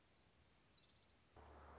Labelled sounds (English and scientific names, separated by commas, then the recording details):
Orange-crowned Warbler (Leiothlypis celata)
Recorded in Sonoma County, California